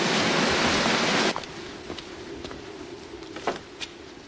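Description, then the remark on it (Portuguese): Heavy rain on a stormy night in a dubbed film scene. A loud, steady roar fills the first second or so, then abruptly drops to a softer, muffled hiss with a few scattered taps and drips. “Eu não ouvi com essa chuva.”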